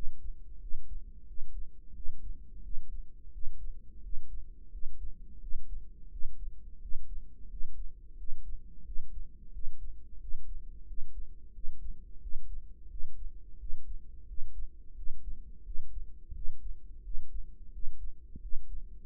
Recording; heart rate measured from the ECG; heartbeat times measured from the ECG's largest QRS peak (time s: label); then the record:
heart sounds by microphone in the right ear; 88 bpm
0.61 s: heartbeat
1.28 s: heartbeat
1.95 s: heartbeat
2.64 s: heartbeat
3.33 s: heartbeat
4.04 s: heartbeat
4.73 s: heartbeat
5.42 s: heartbeat
6.12 s: heartbeat
6.82 s: heartbeat
7.51 s: heartbeat
8.18 s: heartbeat
8.86 s: heartbeat
9.54 s: heartbeat
10.21 s: heartbeat
10.88 s: heartbeat
11.54 s: heartbeat
12.22 s: heartbeat
12.91 s: heartbeat
13.60 s: heartbeat
14.28 s: heartbeat
14.97 s: heartbeat
15.66 s: heartbeat
16.35 s: heartbeat
17.05 s: heartbeat
17.74 s: heartbeat
18.42 s: heartbeat
From the record:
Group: healthy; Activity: rest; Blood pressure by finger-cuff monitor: 139/87 mmHg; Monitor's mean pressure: 104 mmHg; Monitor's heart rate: 87 bpm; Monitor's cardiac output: 7.1 L/min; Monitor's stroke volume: 82 mL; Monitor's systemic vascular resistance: 1100 dyn s/cm5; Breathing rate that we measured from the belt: 18 breaths a minute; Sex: male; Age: 21 years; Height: 175 cm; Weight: 72.6 kg